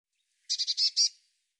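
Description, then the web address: Bird call made of five quick, scratchy high notes, the last two drawn out a little longer, in a single short burst. "cianscape birddata Deverinetal 2025 File cleaned normalized Bird Cy Ca"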